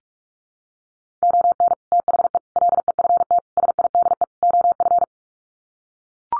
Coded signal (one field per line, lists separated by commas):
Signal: Morse code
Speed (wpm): 44 wpm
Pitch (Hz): 700 Hz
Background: none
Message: ON THE LEFT SIDE OF